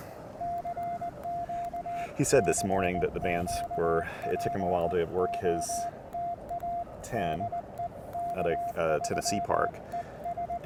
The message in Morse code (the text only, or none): CQ CQ POTA DE K3ES